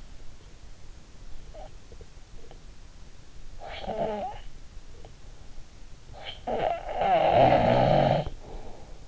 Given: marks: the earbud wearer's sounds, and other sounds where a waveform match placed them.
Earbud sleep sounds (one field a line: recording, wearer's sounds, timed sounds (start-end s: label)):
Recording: sounds in sleep by an in-ear microphone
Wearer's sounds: snoring breath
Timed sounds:
1.54-2.74 s: snoring breath
3.49-5.21 s: snoring breath
6.18-9.07 s: snoring breath